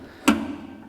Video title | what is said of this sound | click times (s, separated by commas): Beer Canning made easy with Geterbrewed | you'll hear it clunk as it clicks into place and if you just | 0.3 s